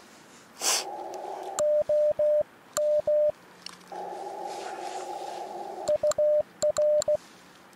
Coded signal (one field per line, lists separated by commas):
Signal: Morse code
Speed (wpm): 16 wpm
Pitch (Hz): 600 Hz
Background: none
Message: OM UR